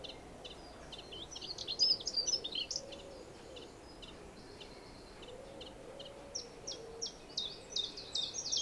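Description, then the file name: European greenfinch calling, a rapid series of high chirps and twittering notes in two bursts, separated by a quieter pause, with faint low arching sounds beneath. "Chloris chloris"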